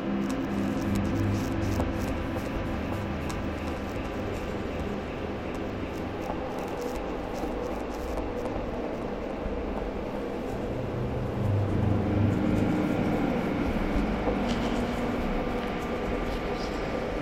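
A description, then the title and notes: A steady indoor hum at the office, with a low rumbling drone like machinery or traffic filtering in from outside. The level stays even throughout, thickening slightly around the twelve-second mark, with faint clicks and small scattered noises over the constant background. Real sounds from the last day at the office.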